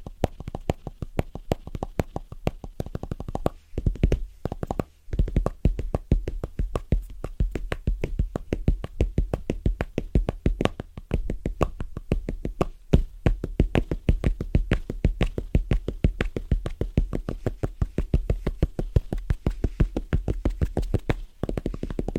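Fast, rhythmic tapping on different surfaces runs the whole way through, a dense stream of sharp knocks with a strong low thump under each. The pace stays quick and fairly even, with brief gaps near 4, 5, 13 and 21 seconds.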